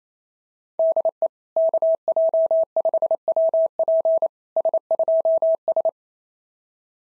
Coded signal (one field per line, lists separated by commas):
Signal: Morse code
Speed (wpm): 25 wpm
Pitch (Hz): 650 Hz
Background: none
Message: DE KJ5WP S2S